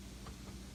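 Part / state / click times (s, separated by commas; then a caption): plastic piece on a vacuum cleaner motor / not seated / none. A plastic wiring part at the back of the motor housing of a Rainbow E3 vacuum cleaner is being handled and pressed on so it can snap onto the motor and hold the wires in place. Only a steady low hum and broad background noise are heard, with a faint brief tone around 0.3 s. Nothing has seated or clicked yet.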